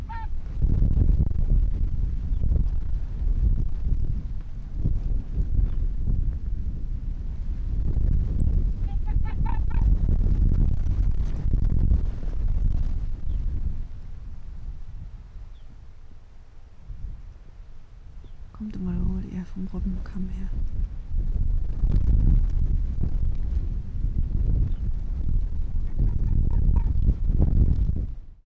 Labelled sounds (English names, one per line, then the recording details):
Arctic Fox
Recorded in the wild
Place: Insel Mednyi, Kommandeur-Inseln, RU
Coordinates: 54.5167, 168.083
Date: 1999-08-07 21:00
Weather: 10°C, dichter Nebel, fast windstill
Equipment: Sony WM-D6C, Sennheiser ME 80, K 30 AV, Windkorb, Kopie Tascam DA 30
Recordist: Jakupi, Antje
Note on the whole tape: Südosten der Insel, Haupttal, Bambusstange: Bellstrophen aus Richtung Robbenkamm